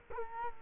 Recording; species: mosquito wingbeat signal from an infrared sensor; Culex quinquefasciatus